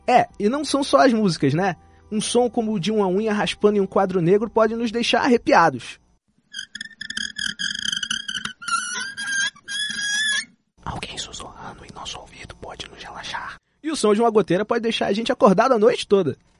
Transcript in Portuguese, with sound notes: É, e não são só as músicas, né? Um som como o de uma unha raspando um quadro-negro pode nos deixar arrepiados… (SOM DE UNHA ARRANHANDO QUADRO NEGRO) Alguém sussurrando em nosso ouvido pode nos relaxar E o som de uma goteira pode deixar a gente acordado a noite toda.